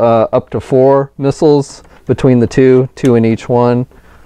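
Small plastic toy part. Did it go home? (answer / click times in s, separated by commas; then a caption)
no / none. A blue plastic toy missile is being handled for loading into a launcher on a Justice League Movie 6-inch Flying Fox Mobile Command playset, which holds up to four missiles, two in each launcher. Someone talks throughout, and no distinct impact sounds stand out. The missile has not clicked or seated into place by the end of the clip.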